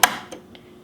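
On the second try, a metal bobbin case is held open and pushed onto the shuttle post of a Singer 2277 Tradition Essential sewing machine. It seats with a loud, sharp click at 0.0 s, followed by two fainter ticks around 0.3 s and 0.5 s. The bobbin case is locked in place.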